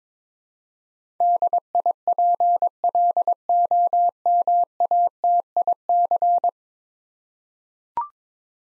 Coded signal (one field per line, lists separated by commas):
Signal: Morse code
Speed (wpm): 22 wpm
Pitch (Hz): 700 Hz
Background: none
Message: DIPLOMATIC